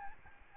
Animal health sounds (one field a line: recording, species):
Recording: mosquito wingbeat signal from an infrared sensor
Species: Aedes albopictus